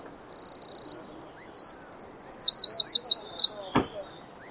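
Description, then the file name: Eurasian wren song of a high, even trill followed by rolling and jittery trills, very loud and rapid, with a brief sharp click near the end before the song stops. "Troglodytes troglodytes"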